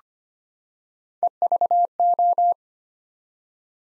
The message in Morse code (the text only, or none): EVO